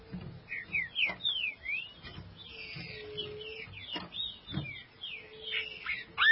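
Green-winged saltator whistling a steady string of slurred notes against a background of rumbling noise and repeated thumps.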